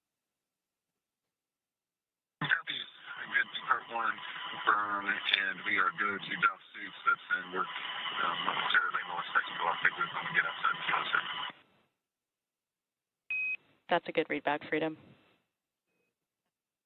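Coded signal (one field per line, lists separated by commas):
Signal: Quindar tones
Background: speech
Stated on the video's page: Quindar tones from the live-streamed return of the SpaceX Dragon Crew-9 after undocking from the International Space Station.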